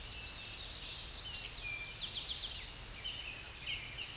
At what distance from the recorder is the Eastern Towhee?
about 20 m